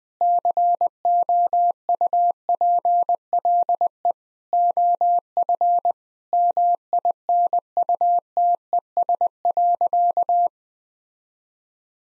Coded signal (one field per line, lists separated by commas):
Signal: Morse code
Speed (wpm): 20 wpm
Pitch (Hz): 700 Hz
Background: none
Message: COUPLE OF MINUTES.